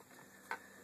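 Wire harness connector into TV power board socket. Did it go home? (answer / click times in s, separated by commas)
yes / 0.5 s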